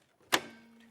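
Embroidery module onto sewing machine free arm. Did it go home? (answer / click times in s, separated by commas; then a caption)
yes / 0.3 s. An embroidery module slides onto a sewing machine's free arm after the accessory box has been removed. A sharp click at 0.3 s marks it locking into place, followed by a faint steady hum, and the module is seated on the machine.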